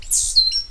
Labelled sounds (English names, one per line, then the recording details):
Stitchbird song
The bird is a male
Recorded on Tiritiri Matangi Island, New Zealand, in 2005
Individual 8, of nest box 10